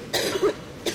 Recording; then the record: coughing mixed with background sound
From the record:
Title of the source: 55 gaggy wet cough